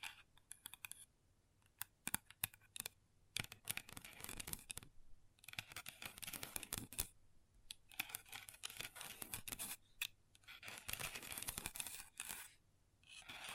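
Long nails tap and scratch on a tabletop in an irregular pattern. Sharp clicking taps come in quick bursts, mixed with brighter stretches of scratching around 5–7 and 8–13 seconds. Brief quiet gaps separate the clusters.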